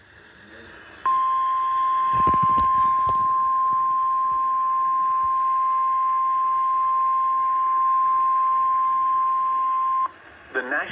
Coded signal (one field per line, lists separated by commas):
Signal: Emergency Alert System (SAME) tones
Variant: 1050 Hz attention tone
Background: speech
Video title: EAS Severe Thunderstorm Watch